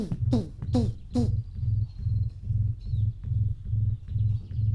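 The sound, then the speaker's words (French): A male bustard, a large bird between a hen and a turkey in size, performs its display to call females: deep, low-frequency booming pulses repeating in a steady rhythm, about two per second, with a few sharp, descending bird chirps over the first second. “Les mâles réalisent des parades d'appel des femelles. Ils produisent des signaux de très basse fréquence”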